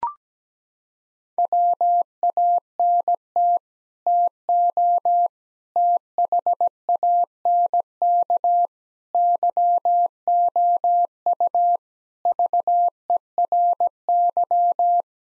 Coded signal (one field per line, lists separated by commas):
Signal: Morse code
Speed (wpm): 17 wpm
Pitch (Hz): 700 Hz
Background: none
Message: WANT TO THANK YOU VERY